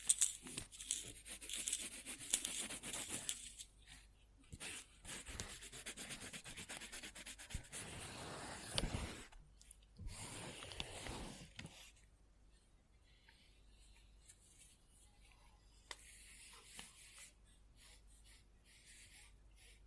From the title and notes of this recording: Scribbling On Paper.